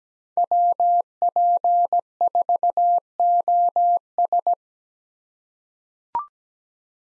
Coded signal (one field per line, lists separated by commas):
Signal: Morse code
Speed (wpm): 17 wpm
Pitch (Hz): 700 Hz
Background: none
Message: WP4OS